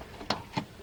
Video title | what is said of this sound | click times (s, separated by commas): DIY Cold Air Intake- B15 Sentra SER SpecV - Increase Horse Power | snap right in just going to | 0.3 s